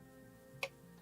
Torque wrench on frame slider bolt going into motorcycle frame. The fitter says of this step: so you actually hear the click